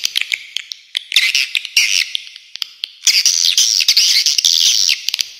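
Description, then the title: Swiftlet calls, scattered clicks and short high chirps, then a long sustained high twittering burst in the second half. Clean, clear calls. "Suara Walet Original Bersih Plus Jernih"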